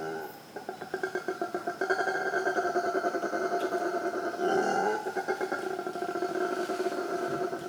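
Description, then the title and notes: Howler monkey howls building from a quieter start into a continuous, rough, droning roar with rapid throbbing pulses throughout. Howler monkey cries at Ilha Grande, Brazil. "Singes hurleurs à Ilha Grande, Brésil"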